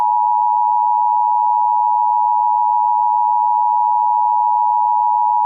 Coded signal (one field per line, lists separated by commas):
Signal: Emergency Alert System (SAME) tones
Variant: 853 and 960 Hz attention tone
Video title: EAS Scenario - Houston Tornado